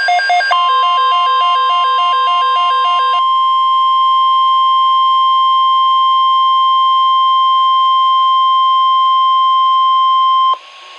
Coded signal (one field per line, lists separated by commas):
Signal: Emergency Alert System (SAME) tones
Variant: 1050 Hz attention tone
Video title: NOAA - 2 Winter Storm Watches (EAS #1,069-1.070)